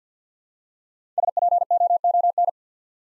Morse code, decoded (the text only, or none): SPOON